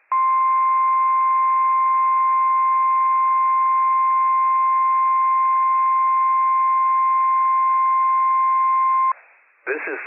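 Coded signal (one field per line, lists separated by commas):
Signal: Emergency Alert System (SAME) tones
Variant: 1050 Hz attention tone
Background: speech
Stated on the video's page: Live Required Weekly Test from NWS Pendleton on NOAA Weather Radio, operational EAS tones.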